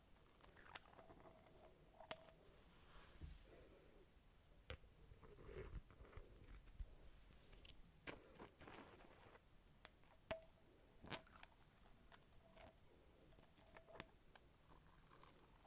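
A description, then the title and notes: Glass tapping in irregular, sparse clicks and clinks, sharpest near 2, 4.5, 8, 10 and 11 seconds, over faint steady background hiss. ASMR Glass Tapping for Sleep.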